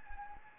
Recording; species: mosquito wingbeat signal from an infrared sensor; Anopheles gambiae